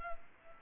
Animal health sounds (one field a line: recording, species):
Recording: mosquito wingbeat signal from an infrared sensor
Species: Culex pipiens